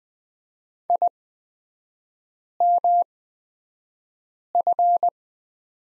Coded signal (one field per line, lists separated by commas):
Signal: Morse code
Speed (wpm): 20 wpm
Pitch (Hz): 700 Hz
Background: none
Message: IMF